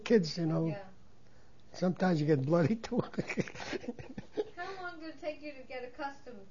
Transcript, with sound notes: kids, you know. Sometimes you get a bloody (he laughs)
How long did it take you to get accustomed to